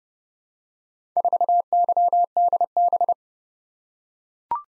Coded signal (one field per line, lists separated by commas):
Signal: Morse code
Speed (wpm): 30 wpm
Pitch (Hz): 700 Hz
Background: none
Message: 4YDB